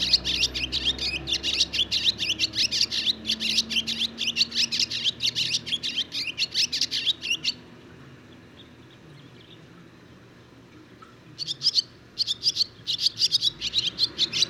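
Barn swallow song: a long, rapid stream of high, buzzy twittering notes for about seven seconds, a silent gap, then a shorter burst of chatter resumes.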